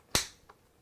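A factory steel Polish AK magazine is inserted into the rifle's magazine well and locks in with a sharp snap at 0.1 seconds, followed by a faint second tick near 0.5 seconds. The factory magazine seats fully, unlike an aftermarket magazine that would not lock into place.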